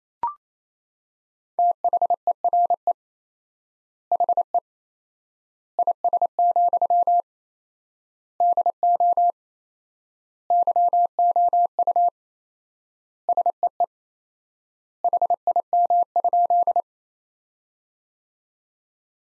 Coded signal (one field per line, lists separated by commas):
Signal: Morse code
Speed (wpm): 28 wpm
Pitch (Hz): 700 Hz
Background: none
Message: THERE HE IS, DO YOU SEE HIM?